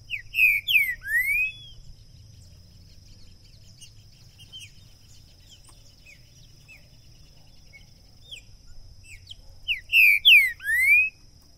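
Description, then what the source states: Green-winged saltator song in two bursts of rich, falling whistles, one at the start and one near the end, separated by quiet with faint chirps. Used to warm up a bird for singing competition; two birds taken into the woods; calling, singing and male territorial display (macheando); 2022.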